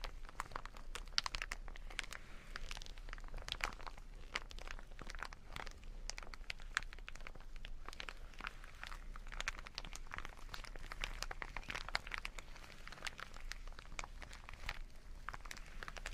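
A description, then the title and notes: Headphone tapping and massage rollers make a dense, steady stream of quick crinkly clicks and rubbing scrapes, bright and unbroken throughout. Headphone Tapping & Massage Rollers.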